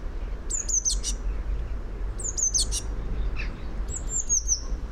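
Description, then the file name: Eurasian blue tit call: three phrases of high thin notes sliding downward, the first two followed by short buzzy notes, over a low background rumble. "Cyanistes caeruleus"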